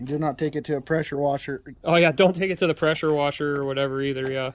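Someone talks while handling a plastic tail light bulb socket or housing for the rear lamp assembly of a Kia Sedona minivan, being changed as part of a brake light and tail light bulb replacement. Only speech is heard, with no snap or click, and the part has not seated or clicked into place yet.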